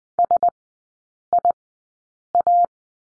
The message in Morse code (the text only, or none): SIA